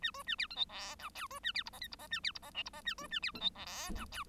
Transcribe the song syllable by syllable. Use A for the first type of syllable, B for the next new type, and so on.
A B A C D E F G H B A C I J K I J A C I J L I J A B A C D E G H